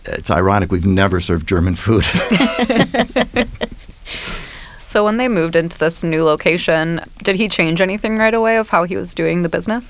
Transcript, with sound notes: It's ironic we've never served German food [LAUGHTER]
When they moved into this new location, did he change anything right away of how he was doing the business?